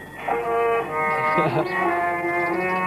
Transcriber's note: laughs